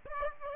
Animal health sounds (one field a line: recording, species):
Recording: mosquito wingbeat signal from an infrared sensor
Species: Aedes aegypti